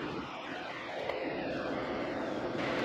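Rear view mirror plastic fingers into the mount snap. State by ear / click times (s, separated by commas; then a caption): not seated / none. The plastic fingers of the rear view mirror on a Fiat 124 Spider are lined up with the snap on top of the mount and squeezed together, as part of fixing a shaking mirror with a grommet cut down lengthwise with scissors to fill the gap. A steady broadband rushing noise runs throughout, with a single brief faint tick at about 1.1 s. Nothing has seated or clicked into place yet.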